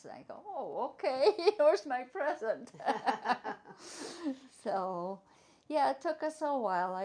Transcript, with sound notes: I go, "Oh OK. Where's my present?" (both laugh) So -- yeah, it took us a while.